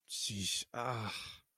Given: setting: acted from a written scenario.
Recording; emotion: vocal sound without words; shame